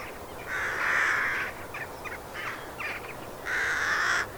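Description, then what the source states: Crow cawing: a long harsh drawn-out caw, several short rough notes, then a second long caw, over a steady hiss of background noise. In a field.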